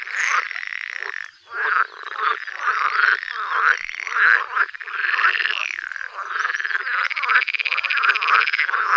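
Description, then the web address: Edible frog croaking almost without pause, rattling pulsed calls running on continuously. "Tajemnice puszczy Zaba wodna"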